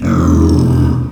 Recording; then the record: squeal of a Yucatan mini pig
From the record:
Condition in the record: after surgery on the right vocal fold (resection and tissue-engineered implant); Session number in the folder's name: 11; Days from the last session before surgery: 98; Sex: female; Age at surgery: 19 weeks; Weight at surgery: 25 kg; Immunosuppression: prednisolone